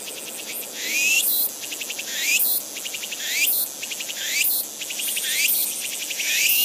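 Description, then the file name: Walker's cicada song: high buzzy phrases that pulse and then rise sharply, repeated about once a second, loudness swelling and dipping between phrases. "tutuhousi"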